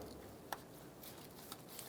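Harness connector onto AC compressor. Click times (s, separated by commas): 0.5 s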